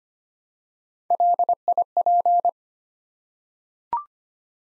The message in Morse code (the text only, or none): LIP